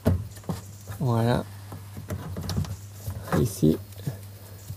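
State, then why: Not seated. On a Peugeot 207 1.6 HDI, the diesel particulate filter additive (cerine) pouch is being handled into place, with its plastic clip being worked toward the notch on the holder. Someone talks while short handling knocks and taps are heard. Nothing has seated or clicked yet.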